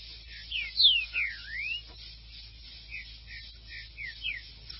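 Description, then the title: Green-winged saltator singing a string of sweet, sliding whistles, some falling and one rising, the later notes softer, over a low steady hum. "Trinca Ferro"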